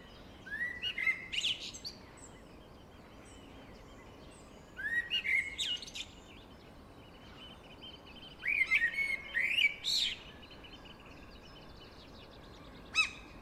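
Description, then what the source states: Blackbird singing three phrases about four seconds apart, each mixing fluty whistled notes with high squeaky twitters, with quiet pauses of faint hiss between them and a brief note at the end. Singing in a deep forest.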